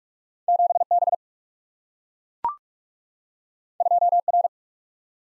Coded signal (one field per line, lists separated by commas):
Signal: Morse code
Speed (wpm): 44 wpm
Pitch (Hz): 700 Hz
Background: none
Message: 7B 2R